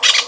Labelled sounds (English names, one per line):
Brown-throated Parakeet contact call